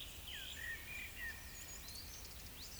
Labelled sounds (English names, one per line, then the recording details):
Eurasian Woodcock whistle
Eurasian Woodcock croak
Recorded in Baden-Württemberg, Germany, on 10 May 2021 at 19:11 UTC
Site 24606, 635 m above sea level